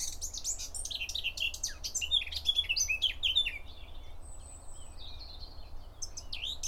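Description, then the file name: Eurasian blackcap song: hurried scratchy twitters followed by clearer warbled notes, then a pause before a final burst, with a faint low hum throughout. "Sylvia atricapilla"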